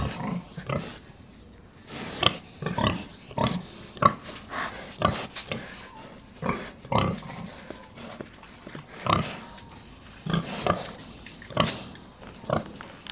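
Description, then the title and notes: Pig grunts, short and fairly quiet, spaced irregularly. Black sow nursing her six piglets at Cascina Pasque' farm, Besnate, Italy, 11 December 2018. "Besnate - Cascina Pasque' - 20181211-Un maiale nero con i suoi sei maialini in atto di allattamento"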